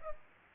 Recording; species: mosquito wingbeat signal from an infrared sensor; Culex pipiens